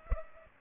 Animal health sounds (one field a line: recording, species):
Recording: mosquito wingbeat signal from an infrared sensor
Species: Culex pipiens